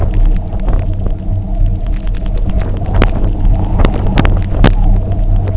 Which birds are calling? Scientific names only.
none